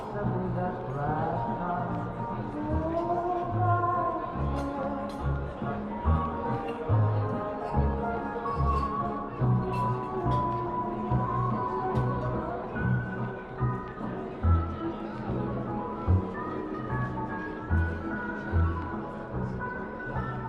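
Old-style music plays steadily in a coffee shop, with a pulsing bass line and sustained melody notes over a dense, even backing. The sound stays fairly dull and muffled, with little brightness on top and no sharp changes in loudness throughout.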